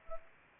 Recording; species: mosquito wingbeat signal from an infrared sensor; Anopheles arabiensis